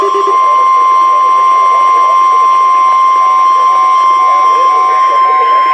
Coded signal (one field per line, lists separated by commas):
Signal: Emergency Alert System (SAME) tones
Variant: 1050 Hz attention tone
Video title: THE SANGEAN EMERGES... | EAS Tests from December 14, 2022 (EAS #1,510-1,515)